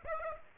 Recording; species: mosquito wingbeat signal from an infrared sensor; Aedes aegypti